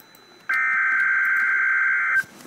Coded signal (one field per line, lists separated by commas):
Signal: Emergency Alert System (SAME) tones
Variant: header bursts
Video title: REAL EAS 412-Tornado watch